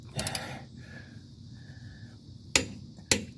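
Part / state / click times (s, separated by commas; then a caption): click torque wrench on a wheel lug nut / torque reached / 2.6 s. A click-type torque wrench tightens a steel lug nut on a car wheel after the nut was run on with an impact wrench. Brief metallic clatter near 0.2 s and 0.4 s gives way to a quiet stretch, then the wrench gives a sharp click at its set torque at 2.6 s, followed by a second sharp snap at 3.1 s. The lug nut is torqued to the wrench's setting.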